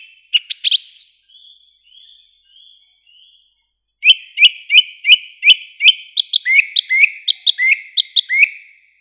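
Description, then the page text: Song thrush song: fluty whistled notes, then a fast run of sharp, clipped notes repeated many times, ending in lower slurred phrases. Nothing else is heard. "Пение птиц - Дрозд певчий"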